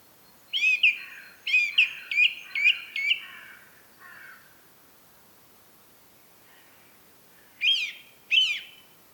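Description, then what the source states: Song thrush repeating a crisp slurred phrase several times rapidly, then a softer note, and after a pause two louder phrases delivered as a pair. Recorded at Rambjøra on 30 March 2023 with a Zoom recorder.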